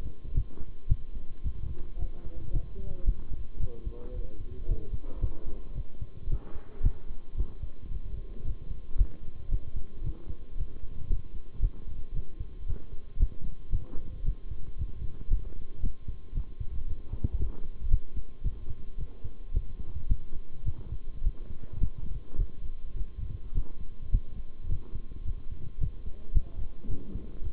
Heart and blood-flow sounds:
heart sounds by stethoscope; between the tricuspid and mitral areas; 111 bpm
0.34 s: heartbeat
0.89 s: heartbeat
1.43 s: heartbeat
1.99 s: heartbeat
2.52 s: heartbeat
3.06 s: heartbeat
3.60 s: heartbeat
4.14 s: heartbeat
4.68 s: heartbeat
5.21 s: heartbeat
5.75 s: heartbeat
6.29 s: heartbeat
6.83 s: heartbeat
7.37 s: heartbeat
7.91 s: heartbeat
8.45 s: heartbeat
8.97 s: heartbeat
9.51 s: heartbeat
10.04 s: heartbeat
10.57 s: heartbeat
11.09 s: heartbeat
11.61 s: heartbeat
12.14 s: heartbeat
12.66 s: heartbeat
13.19 s: heartbeat
13.71 s: heartbeat
14.24 s: heartbeat
14.78 s: heartbeat
15.30 s: heartbeat
15.82 s: heartbeat
16.34 s: heartbeat
16.87 s: heartbeat
17.39 s: heartbeat
17.91 s: heartbeat
18.44 s: heartbeat
18.98 s: heartbeat
19.53 s: heartbeat
20.09 s: heartbeat
20.65 s: heartbeat
21.23 s: heartbeat
21.80 s: heartbeat
22.38 s: heartbeat
22.96 s: heartbeat
23.54 s: heartbeat
24.12 s: heartbeat
24.69 s: heartbeat
25.25 s: heartbeat
25.80 s: heartbeat
26.34 s: heartbeat
26.88 s: heartbeat
27.42 s: heartbeat
From the record:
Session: bicycle stress test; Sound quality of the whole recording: good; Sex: male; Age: 23 years

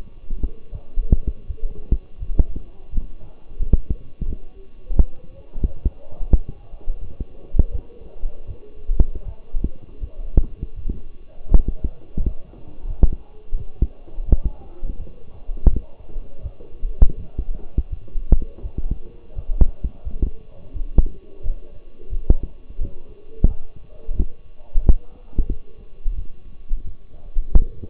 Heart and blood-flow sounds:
heart sounds by stethoscope; between the tricuspid and mitral areas; 85 bpm
0.71 s: heartbeat
1.47 s: heartbeat
2.19 s: heartbeat
2.91 s: heartbeat
3.59 s: heartbeat
4.26 s: heartbeat
4.94 s: heartbeat
5.61 s: heartbeat
6.29 s: heartbeat
7.01 s: heartbeat
7.71 s: heartbeat
8.46 s: heartbeat
9.24 s: heartbeat
10.00 s: heartbeat
10.75 s: heartbeat
11.48 s: heartbeat
12.17 s: heartbeat
12.86 s: heartbeat
13.56 s: heartbeat
14.25 s: heartbeat
14.97 s: heartbeat
15.70 s: heartbeat
16.42 s: heartbeat
17.16 s: heartbeat
17.89 s: heartbeat
18.62 s: heartbeat
19.35 s: heartbeat
20.04 s: heartbeat
20.73 s: heartbeat
21.42 s: heartbeat
22.10 s: heartbeat
22.79 s: heartbeat
23.47 s: heartbeat
24.15 s: heartbeat
24.82 s: heartbeat
25.48 s: heartbeat
26.15 s: heartbeat
26.84 s: heartbeat
27.52 s: heartbeat
From the record:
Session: walking at 3.7 km/h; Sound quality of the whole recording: partially saturated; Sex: male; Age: 24 years

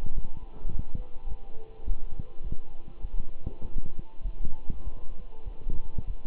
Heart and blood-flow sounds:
heart sounds by stethoscope; between the tricuspid and mitral areas; 102 bpm
0.16 s: heartbeat
0.72 s: heartbeat
1.28 s: heartbeat
1.86 s: heartbeat
2.43 s: heartbeat
3.02 s: heartbeat
3.62 s: heartbeat
4.24 s: heartbeat
4.84 s: heartbeat
5.45 s: heartbeat
6.07 s: heartbeat
From the record:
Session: walking at 3.7 km/h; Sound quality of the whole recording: good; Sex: male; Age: 24 years

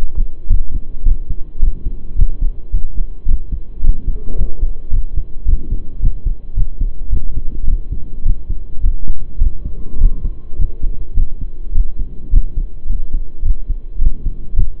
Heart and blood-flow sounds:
heart sounds by stethoscope; between the tricuspid and mitral areas; 107 bpm
0.49 s: heartbeat
1.04 s: heartbeat
1.61 s: heartbeat
2.17 s: heartbeat
2.72 s: heartbeat
3.27 s: heartbeat
3.83 s: heartbeat
4.37 s: heartbeat
4.91 s: heartbeat
5.46 s: heartbeat
6.01 s: heartbeat
6.55 s: heartbeat
7.11 s: heartbeat
7.66 s: heartbeat
8.24 s: heartbeat
8.82 s: heartbeat
9.40 s: heartbeat
9.99 s: heartbeat
10.57 s: heartbeat
11.15 s: heartbeat
11.73 s: heartbeat
12.31 s: heartbeat
12.88 s: heartbeat
13.43 s: heartbeat
14.00 s: heartbeat
14.55 s: heartbeat
From the record:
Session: pedaling a stationary bicycle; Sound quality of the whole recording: saturated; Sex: male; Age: 23 years

